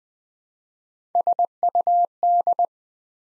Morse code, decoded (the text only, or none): SUD